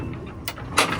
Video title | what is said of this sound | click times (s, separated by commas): Decked cargo glide 100% extension | And then it locks again, | 0.8 s